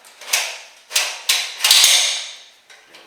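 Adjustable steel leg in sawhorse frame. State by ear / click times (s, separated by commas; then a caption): seated / 0.3 s, 1.0 s, 1.3 s. An adjustable steel leg on a TOUGHBUILT C700 sawhorse/jobsite table frame is extended for height adjustment and ratchets through its detent notches. Sharp clicks land at 0.3, 1.0 and 1.3 s, followed by a longer scraping, mechanical rattle from about 1.7 s that fades out by 2.6 s, with a few faint ticks after. The leg seats at its set height.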